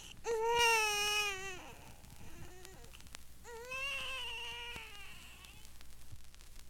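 An infant gives two high-pitched, strongly voiced cry bursts, each about a second and a half long, separated by a short whimpering pause. It is an ordinary infant cry in a quiet room.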